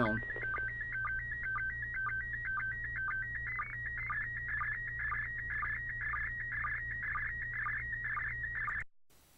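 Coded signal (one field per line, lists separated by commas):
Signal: SSTV (slow-scan television)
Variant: PD 120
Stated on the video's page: SSTV images received from the International Space Station, used as examples in a club SSTV training demonstration.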